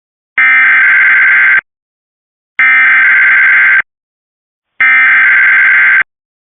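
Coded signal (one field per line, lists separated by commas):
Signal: Emergency Alert System (SAME) tones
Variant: header bursts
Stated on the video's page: Winter Storm Watch EAS alert relayed over Cox cable.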